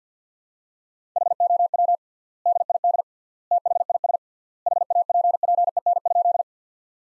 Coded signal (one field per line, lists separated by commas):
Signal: Morse code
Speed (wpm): 50 wpm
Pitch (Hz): 700 Hz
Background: none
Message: HOW DID THIS HAPPEN?